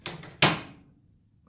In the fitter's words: just pops right in there then you simply twist these